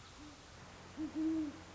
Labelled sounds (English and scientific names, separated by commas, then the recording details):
Great Horned Owl (Bubo virginianus)
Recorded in Sonoma County, California